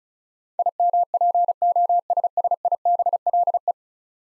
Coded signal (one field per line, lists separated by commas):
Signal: Morse code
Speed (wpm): 36 wpm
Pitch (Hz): 700 Hz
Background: none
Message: IMPOSSIBLE